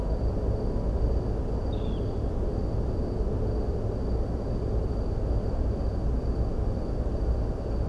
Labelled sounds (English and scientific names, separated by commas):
Dunlin (Calidris alpina), unidentified animal sound